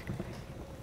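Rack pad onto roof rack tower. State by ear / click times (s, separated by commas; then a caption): not seated / none. A rubber/plastic pad for a Yakima RidgeLine roof rack tower, made for the flush rails of a 2019 Ford Fiesta, is handled as it is pressed toward the tower base with its arrow facing out. Low rumbling handling noise fills the clip, with a brief sharp bump near 0.1 s. The pad has not clicked or seated onto the tower yet.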